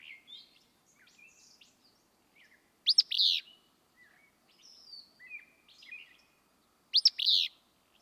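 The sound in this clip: Willow flycatcher giving two explosive, buzzy song phrases about four seconds apart, over scattered thin whistles and twitters.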